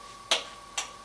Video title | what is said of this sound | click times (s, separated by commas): How to clean and adjust the magneto | You push it on till you hear a click. And there you go. | 0.3 s